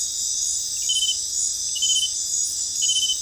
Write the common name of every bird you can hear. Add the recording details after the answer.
none. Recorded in dense forest near Puerto Asís, Putumayo, Colombia, on 21 February 2024 at 22:30. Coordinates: 0.500, -76.322. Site G6465